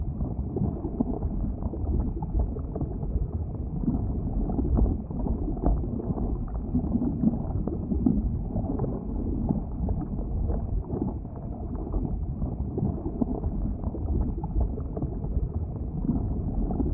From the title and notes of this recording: Lava River Sounds.